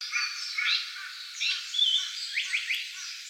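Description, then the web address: Japanese paradise flycatcher song: a jumble of high notes, with three quick rising strokes in a row late on. Recorded on 8 May 2014. "birdenaga sankoutyou S 140508"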